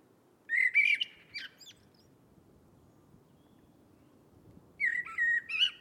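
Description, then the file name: Eurasian blackbird song in two phrases, each opening with mellow fluty whistles and closing with high squeaky twitters, separated by about three seconds of low hiss. "Turdus merula"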